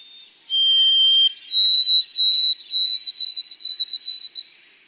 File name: White-throated Sparrow